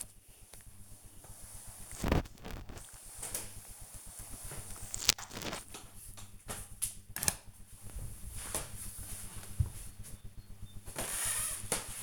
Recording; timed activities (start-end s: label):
household activities, microphone on the right wrist
0.00-5.34 s: floor cleaning